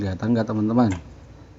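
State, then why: Not seated. During restoration of an Aiwa NSX-SV9 CD mechanism, a lubricated mechanical part is handled and fitted toward the CD loader while someone talks for about the first second, followed by quiet low-level background. Nothing has seated or clicked yet; the clip ends just before the part snaps into place.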